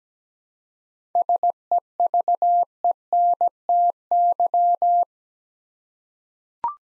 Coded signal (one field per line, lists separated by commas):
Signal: Morse code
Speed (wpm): 17 wpm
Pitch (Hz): 700 Hz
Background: none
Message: SEVENTY